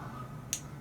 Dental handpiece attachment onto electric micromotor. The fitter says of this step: and rotate until it clicks and it's ready to use